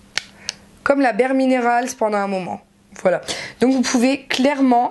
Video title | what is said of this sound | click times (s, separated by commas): Nouveautés et Mega Haul Ali | voilà c'est des phardes qui se clipsent comme | 0.2 s, 0.5 s